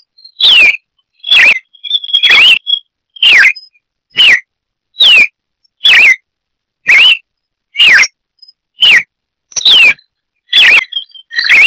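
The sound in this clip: Red-crested cardinal calls: sharp, slurred notes repeated steadily about once per second, with short silent gaps between.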